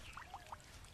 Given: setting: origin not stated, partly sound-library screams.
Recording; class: one-second piece from a danger detection set; normal situation